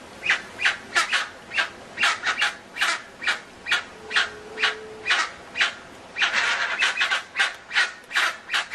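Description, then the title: Dusky-legged guan uttering rapid harsh squawking honks, over two per second, merging into a noisy burst toward the end, with a brief low hum midway. Singing; used as a sound to call the bird in. "Pavanegra. Pava de Monte o Pava Oscura Cantando Sonido para Llamar"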